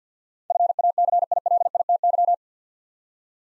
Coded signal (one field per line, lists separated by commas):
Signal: Morse code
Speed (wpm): 50 wpm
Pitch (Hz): 700 Hz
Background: none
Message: FACILITY